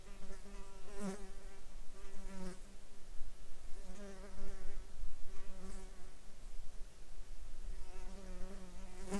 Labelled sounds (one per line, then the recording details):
insects
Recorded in the Arctic National Wildlife Refuge, Alaska, on 30 July 2019 at 07:15
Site 41